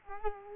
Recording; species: mosquito wingbeat signal from an infrared sensor; Culex quinquefasciatus